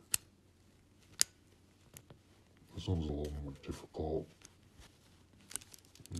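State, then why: Released. A hook detacher is worked into a stiff Sensormatic plastic retail security tag to free its pin-locking clutch, with sharp plastic ticks at 0.1 and 1.2 seconds while someone talks. The latch clicks open at 5.6 seconds, releasing the tag.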